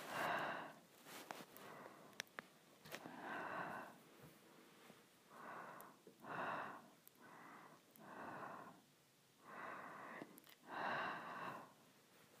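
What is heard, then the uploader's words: Breathing in a slow, regular rhythm, each breath a soft hiss lasting about a second, with roughly eight breaths over twelve seconds. The first few seconds are busier, with short clicks and sniff-like bursts before the steady in-and-out pattern settles. ASMR Breath.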